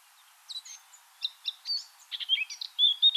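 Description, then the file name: Eurasian blackcap song: soft, scratchy chips and twitters gradually swelling into loud, clear whistled notes at the close. "Sylvia atricapilla"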